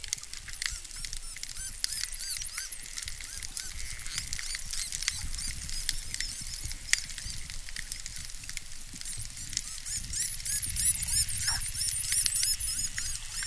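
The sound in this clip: Dolphin whistles, many high arching and looping tones overlapping almost continuously, with occasional clicks and a steady underwater hiss.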